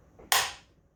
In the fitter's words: If I can undo it with this thing, hear it pop.